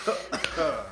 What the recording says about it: I coughed pretty loudly in our first take.